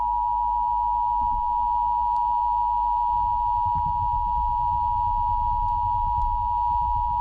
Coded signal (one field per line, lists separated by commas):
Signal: Emergency Alert System (SAME) tones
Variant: 853 and 960 Hz attention tone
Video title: IT LURKS - EAS